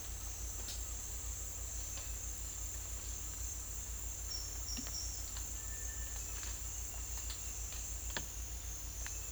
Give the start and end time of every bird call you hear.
5.52s-6.19s: bird call

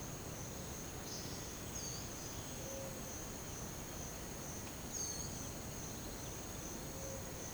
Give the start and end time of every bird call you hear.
0.98s-2.25s: bird call
4.79s-5.34s: bird call

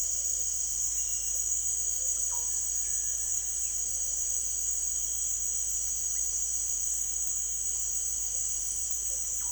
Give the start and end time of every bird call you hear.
1.96s-2.48s: bird call
9.07s-9.52s: bird call

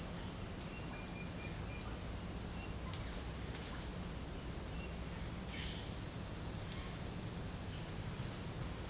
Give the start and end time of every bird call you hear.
5.48s-5.87s: bird call

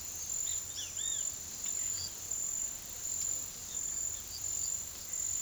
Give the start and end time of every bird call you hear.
0.38s-1.26s: bird call
1.64s-2.09s: bird call
4.16s-4.76s: bird call

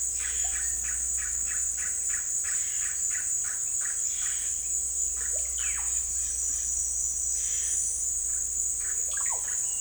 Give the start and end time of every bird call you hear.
0.16s-4.39s: bird call
5.09s-5.83s: bird call
8.79s-9.80s: bird call

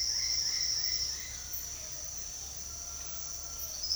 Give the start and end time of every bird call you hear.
0.00s-1.41s: bird call

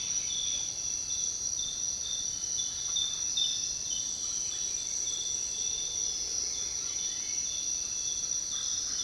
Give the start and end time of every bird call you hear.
8.41s-9.04s: bird call

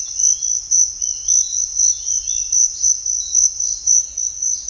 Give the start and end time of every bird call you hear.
0.00s-0.60s: bird call
0.97s-2.68s: bird call

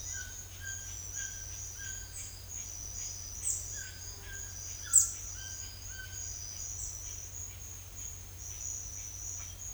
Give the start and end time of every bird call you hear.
0.01s-2.08s: bird call
3.38s-6.22s: bird call

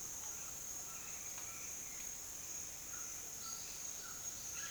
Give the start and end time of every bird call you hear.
2.76s-4.71s: bird call

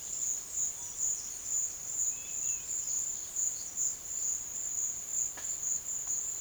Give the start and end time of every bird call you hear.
0.00s-4.52s: bird call

